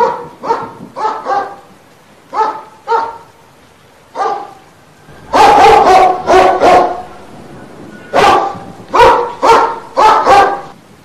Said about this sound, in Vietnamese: Chó săn nhìn thấy có người muốn chạy trốn rời khỏi nơi này, lớn tiếng sủa lên.